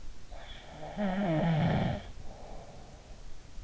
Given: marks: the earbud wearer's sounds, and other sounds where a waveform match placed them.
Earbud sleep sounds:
sounds in sleep by an in-ear microphone; snoring breath
0.91-3.22 s: snoring breath

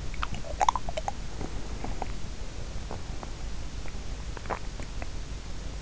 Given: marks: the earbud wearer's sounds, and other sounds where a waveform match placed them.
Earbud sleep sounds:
sounds in sleep by an in-ear microphone; teeth grinding, swallowing
0.00-3.47 s: teeth grinding
3.89-5.32 s: swallowing

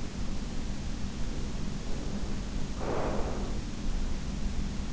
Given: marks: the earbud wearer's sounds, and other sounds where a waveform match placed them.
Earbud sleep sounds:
sounds in sleep by an in-ear microphone; breath
1.26-3.64 s: breath

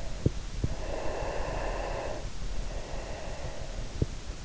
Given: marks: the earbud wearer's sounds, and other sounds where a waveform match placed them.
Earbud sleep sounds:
sounds in sleep by an in-ear microphone; breath
0.26-4.16 s: breath

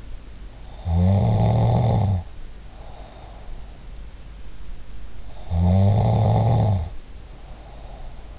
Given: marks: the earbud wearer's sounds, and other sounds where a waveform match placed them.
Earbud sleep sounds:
sounds in sleep by an in-ear microphone; snoring breath
0.77-3.43 s: snoring breath
5.24-8.39 s: snoring breath

